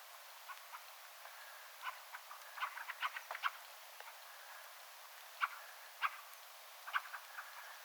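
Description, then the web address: Fieldfare chacking, a quick burst of clicks around three seconds followed by louder single notes, fainter callers clicking behind. Attention-seeking calls of one fieldfare, with a second and a third fieldfare calling in the background; recorded 17 December 2024. "paivat 17 12 2024 rakattirastaan huomioaantelya taustalla toinen ja kolmaskin rakattirastas"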